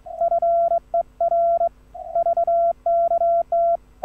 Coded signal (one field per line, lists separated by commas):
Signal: Morse code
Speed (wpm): 24 wpm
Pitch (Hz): 680 Hz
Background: none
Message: FER VKT